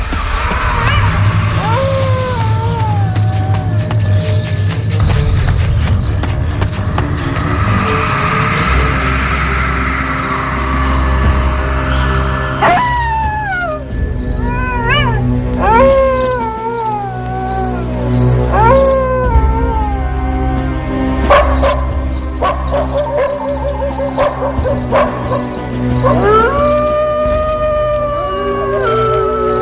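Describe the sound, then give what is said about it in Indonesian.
Steady, rapid cricket chirping runs throughout, joined midway by loud wild animal cries around a house that swoop up and down in pitch, overlapping one another in repeated wailing calls. “Bunyi satwa liar seolah menyerbu rumah Bagio.”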